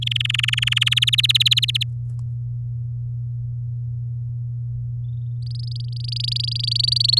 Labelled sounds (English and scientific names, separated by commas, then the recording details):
Domestic Canary (Serinus canaria) song
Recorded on 10 May 2018 at 15:45
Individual llb16